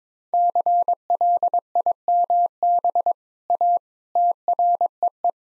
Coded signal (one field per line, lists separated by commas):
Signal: Morse code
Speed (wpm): 22 wpm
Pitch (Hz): 700 Hz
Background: none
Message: CLIMB A TREE